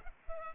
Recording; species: mosquito wingbeat signal from an infrared sensor; Culex pipiens